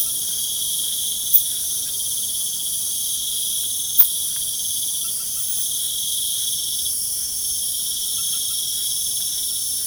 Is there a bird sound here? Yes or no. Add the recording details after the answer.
no. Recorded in pastures near Puerto Asís, Putumayo, Colombia, on 30 June 2025 at 21:30. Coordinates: 0.497, -76.327. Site G040